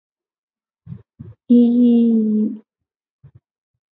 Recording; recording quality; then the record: sustained vowel as in beet; poor, much background noise or distortion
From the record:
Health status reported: healthy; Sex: female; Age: 24 years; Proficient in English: yes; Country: India